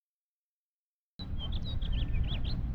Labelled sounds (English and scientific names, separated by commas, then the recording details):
House Finch (Haemorhous mexicanus) song
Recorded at Oceanside on Long Island, New York, on 17 June 1975
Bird A